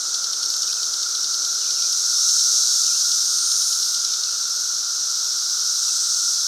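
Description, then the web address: Periodical cicada chorus, a steady dense buzzing drone with a high hiss band and a lower steady tone, swelling slightly midway through. Cicada emergence, 2024; a 220-year cicada bloom. "The Psychologically Ultimate 220 Year Cicada Bloom. Future Site of Pana Steakhouse Cicadas"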